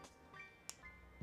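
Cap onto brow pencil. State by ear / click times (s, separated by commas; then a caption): seated / 0.7 s. A cap is pushed onto a plastic brow pencil and snaps shut with one sharp, brief click at 0.7 s over a faint tonal background. A dull low thump follows at about 1.2 s. The cap is seated, with a tighter fit than another brand's flimsy cap.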